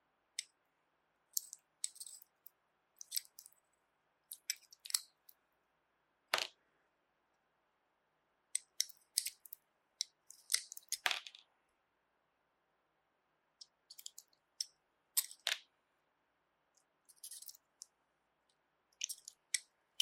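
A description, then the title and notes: Jelly being handled in short, wet, squishy bursts, with crisp high clicks and smacks scattered irregularly and brief silences between them. 滑溜溜的果凍觸發 | Jelly Trigger. NO Talking.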